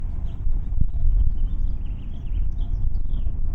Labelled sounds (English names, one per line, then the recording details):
House Finch song
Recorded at Neponsit on Long Island, New York, on 4 June 1975
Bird F